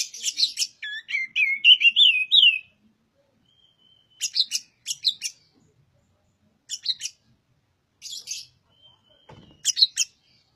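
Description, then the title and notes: Oriental magpie-robin song: scratchy notes and a rising, wavering whistled phrase, followed by scattered short scratchy bursts separated by pauses. Recording used as a tutor to train other birds; described as singing energetically. "Suara Burung Kacer masteran. burung kacer gacor hebat"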